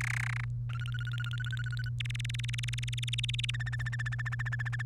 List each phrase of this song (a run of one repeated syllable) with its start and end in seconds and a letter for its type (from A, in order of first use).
0.01-0.44 A, 0.69-1.89 B, 2.00-3.50 C, 3.54-4.82 D